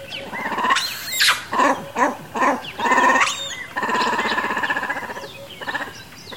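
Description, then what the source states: White-backed vulture begging calls: several harsh, wheezy squeals, then a longer rasping, pulsing squeal, and a few shorter calls after. Juvenile begging its parents for food; Limpopo, South Africa; recording played at normal, half and quarter speed.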